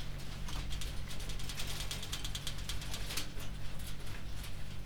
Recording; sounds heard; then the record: poultry house recording; no chicken sound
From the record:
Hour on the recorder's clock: 21